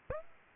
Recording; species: mosquito wingbeat signal from an infrared sensor; Aedes aegypti